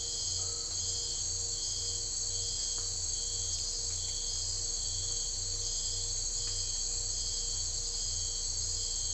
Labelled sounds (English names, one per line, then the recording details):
none
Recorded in secondary vegetation near Puerto Asís, Putumayo, Colombia, on 21 December 2024 at 04:00
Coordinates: 0.498, -76.327
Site GP07